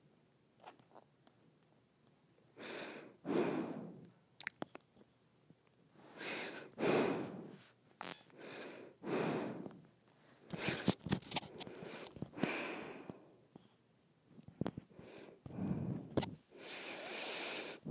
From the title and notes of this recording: ASMR Nose Breathing.